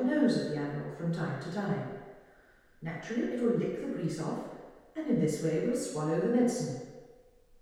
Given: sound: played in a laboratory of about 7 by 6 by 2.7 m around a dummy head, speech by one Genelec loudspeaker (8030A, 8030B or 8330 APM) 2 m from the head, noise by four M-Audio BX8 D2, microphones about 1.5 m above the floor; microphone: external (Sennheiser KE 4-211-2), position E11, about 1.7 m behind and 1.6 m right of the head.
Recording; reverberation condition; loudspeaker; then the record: female speech in English; high; 60 degrees to the left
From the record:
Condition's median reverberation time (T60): about 1300 ms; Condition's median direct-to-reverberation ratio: about -4.0 dB